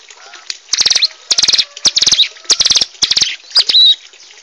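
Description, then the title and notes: Bar-winged prinia song: several loud, rapid bursts of high, strident repeated notes at a steady pace, ending with a short whistle. Vigorously singing adult and young birds. "Kicau Ciblek. putri sherin. suara burung ciblek gacor dan anakan"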